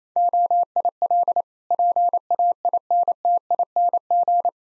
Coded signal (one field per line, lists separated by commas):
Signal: Morse code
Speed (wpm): 28 wpm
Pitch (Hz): 700 Hz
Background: none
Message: OIL PAINTING